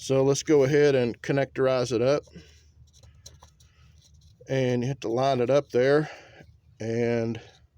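A wiring connector is lined up with the idle air control valve on a 2005 Dodge Neon while someone talks. Between the speech, faint small handling clicks and rustles are heard. Nothing has seated or clicked yet.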